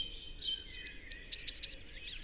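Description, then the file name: Eurasian blue tit delivering a brief phrase: two drawn-out high notes, then three fast lower trill notes, with faint birdsong behind. "Cyanistes caeruleus"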